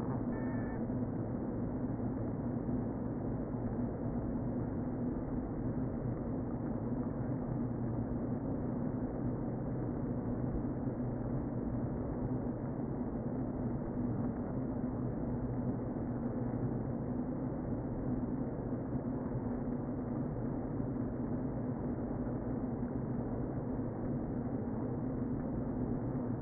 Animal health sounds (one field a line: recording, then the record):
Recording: honeybee colony, microphone inside the hive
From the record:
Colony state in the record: queen present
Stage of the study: before two queens were removed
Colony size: about 60,000 bees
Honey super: yes